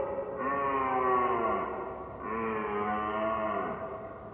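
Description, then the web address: Red deer calling: two drawn-out, harmonic moaning roars, each wavering then sagging in pitch. Recorded at far distance. "fvtt-sonniss-gdc-audio red-deer-far-distance-ms"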